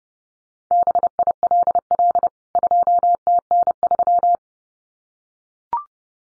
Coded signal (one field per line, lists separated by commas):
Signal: Morse code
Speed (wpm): 30 wpm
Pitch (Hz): 700 Hz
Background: none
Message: BILL 2TN3